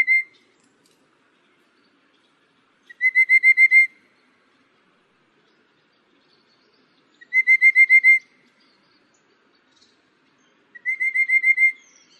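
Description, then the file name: Rufous-capped babbler calling: short bursts of rapid, evenly spaced piping notes on one pitch, each burst about a second long, repeated roughly every four seconds in otherwise quiet surroundings. "山紅頭"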